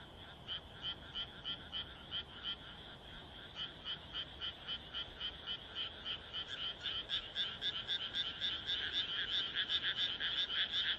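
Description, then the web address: Frog giving rapid pulsed croaks several times a second; more callers join midway and the chorus thickens and grows louder toward the end. "kaeru kaeru"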